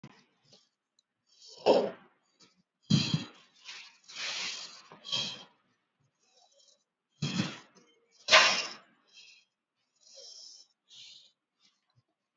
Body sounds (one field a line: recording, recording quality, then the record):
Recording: deep breathing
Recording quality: excellent, no background noise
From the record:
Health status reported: healthy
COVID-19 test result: not tested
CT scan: not taken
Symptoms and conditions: cough, fever, muscle pain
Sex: female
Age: 46 years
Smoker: no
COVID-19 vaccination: both doses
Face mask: worn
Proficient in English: yes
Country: India